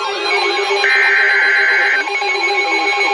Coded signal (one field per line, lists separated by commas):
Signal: Emergency Alert System (SAME) tones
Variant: header bursts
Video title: NOAA & AM/FM - 6x EAS Alerts!!! 3 SVRs 3 FFWs (EAS #856 - 861)